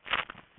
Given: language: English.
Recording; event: throat vibration sensor signal played as sound; swallow